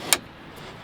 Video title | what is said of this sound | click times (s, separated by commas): Kit Camper VUS Roadloft - Installation du module Cuisine | puis on la rentre à l'intérieur de l'autre coulisse puis jusqu'à qu'on entende le clic comme ça puis | 0.1 s